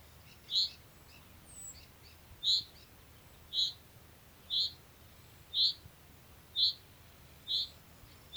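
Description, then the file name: Common chaffinch repeating a short, bright chink-like call note about once per second, steady and clear, with faint high bird twitters behind. "Fringilla coelebs"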